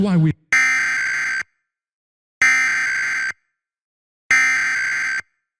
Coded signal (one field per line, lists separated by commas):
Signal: Emergency Alert System (SAME) tones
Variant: header bursts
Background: speech